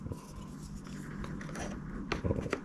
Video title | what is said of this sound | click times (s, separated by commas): 전동휠 라이딩 촬영장비 소개합니다. 카메라와 녹음기. #euc #전동휠 #라이딩촬영 | 있는 것에 이게 이제 꽂죠. 이렇게 꽂으면 딸깍 하고 들어갑니다. | 2.1 s, 2.5 s